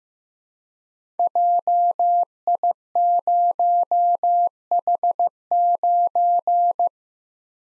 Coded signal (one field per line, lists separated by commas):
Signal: Morse code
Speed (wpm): 15 wpm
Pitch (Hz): 700 Hz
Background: none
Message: JI0H9